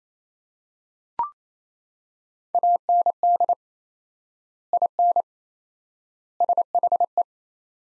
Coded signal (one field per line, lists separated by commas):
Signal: Morse code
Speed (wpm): 27 wpm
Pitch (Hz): 700 Hz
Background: none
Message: AND IN SHE